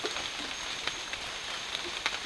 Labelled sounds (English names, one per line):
none